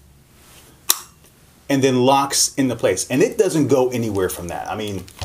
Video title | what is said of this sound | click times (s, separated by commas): QuikPod Review | to the sled and the way it works it just slides in and then locks | 0.9 s